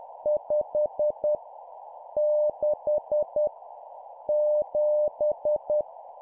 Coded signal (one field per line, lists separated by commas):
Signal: Morse code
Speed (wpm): 10 wpm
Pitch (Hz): 600 Hz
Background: none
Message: 5 6 7